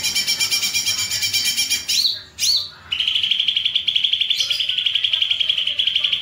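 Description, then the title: Streaked spiderhunter song: a high rattling trill, two quick swooping whistles, then a long even run of rapid high chips. Long, clear, vigorous singing; tutor song for training songbirds. "Pijantung Gunung Gacor Jernih Panjang"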